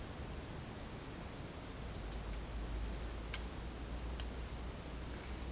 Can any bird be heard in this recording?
no